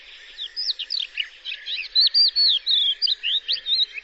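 Bird twittering, a rapid run of high, varied chirps and slurred notes, lively and continuous for about four seconds, with no other clear sounds.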